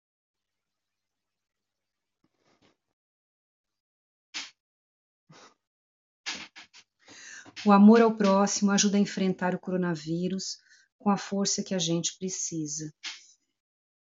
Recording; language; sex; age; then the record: spoken sentence; Brazilian Portuguese; female; 50 to 59 years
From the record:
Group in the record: control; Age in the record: 54 years